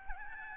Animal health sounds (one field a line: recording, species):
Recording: mosquito wingbeat signal from an infrared sensor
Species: Aedes albopictus